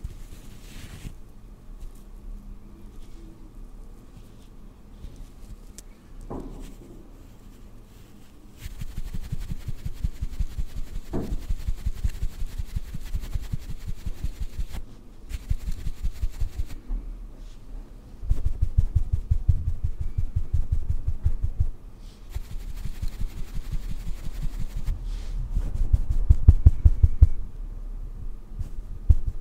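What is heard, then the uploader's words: Makeup being applied to a face: after a quiet, softly rustling start, rapid brushing and tapping strokes begin around nine seconds. The dense, fast scratching continues in stretches, pausing briefly near 15 and 22 seconds, and grows heavier around 18 to 21 and 25 to 28 seconds. ASMR First person Makeup On Your Face(No Talking).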